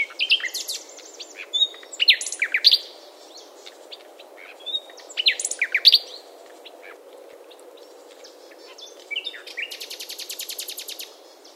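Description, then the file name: Common nightingale song in varied bursts of sharp, jumbled notes with pauses between phrases, ending in a buzzy, rapidly pulsed trill. "Luscinia megarhynchos"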